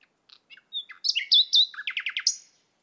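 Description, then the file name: Common nightingale song phrase: soft scattered notes build into loud whistled slurs, then a quick series of falling buzzy notes ending in a high whistle. "Luscinia megarhynchos"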